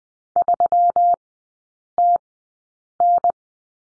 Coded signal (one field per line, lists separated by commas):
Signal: Morse code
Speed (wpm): 20 wpm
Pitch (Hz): 700 Hz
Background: none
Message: 3TN